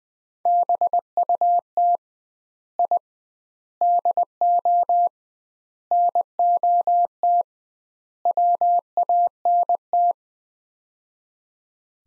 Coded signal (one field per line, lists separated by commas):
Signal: Morse code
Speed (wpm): 20 wpm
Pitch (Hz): 700 Hz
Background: none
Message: BUT I DO NOT WANT